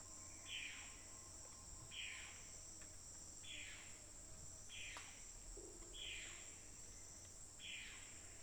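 Bird calls: sharp downslurred notes falling from high to low, given about every one and a half seconds, six in all, over a steady high insect drone.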